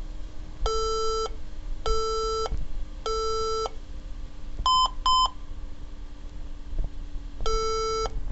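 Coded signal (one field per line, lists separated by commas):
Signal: beep code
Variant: HP desktop computer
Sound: three long low beeps, then two short higher beeps, then another long beep starts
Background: steady electrical hum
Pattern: 3 long, 2 short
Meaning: HP startup error meaning no display, per the video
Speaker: today we are gonna fix the three long beads and to short beeps error in HP Pradesh computers and that exactly what it sounds like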